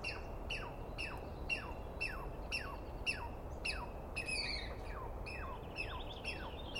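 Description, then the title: Douglas squirrel: harsh falling scream notes, repeated about twice a second, with some other high chirping mixed in toward the end. Wild animal, recorded at dawn on the morning of 21 April 2017 in the East Cascades; screaming persistently at the recordist; identification by sound, not clearly seen. "Interview With The Chipmunk"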